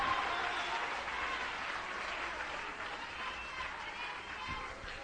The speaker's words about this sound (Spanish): ¿Cuántos adoran a Dios en esta hora? ¡Denle un aplauso a Cristo, que Él se lo merece!